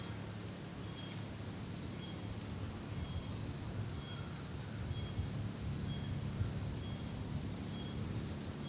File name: kuroiwazemi